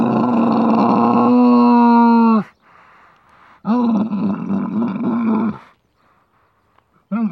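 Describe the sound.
Camel groaning: a rough, harmonic bellow of over two seconds, a short quiet gap, then a second wavering groan and the onset of a third.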